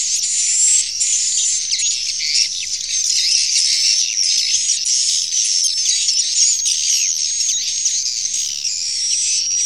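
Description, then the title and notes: Swiftlets twittering in a dense, continuous high-pitched chorus, with a thin steady whistle running through it and rapid chirps overlapping throughout. Used in swiftlet farming in Asia. "Swiflet Bird Sound. Farming Swiflet Bird asia sound"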